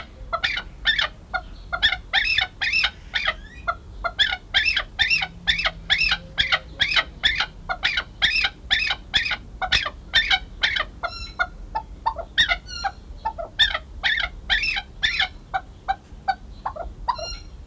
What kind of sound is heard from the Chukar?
call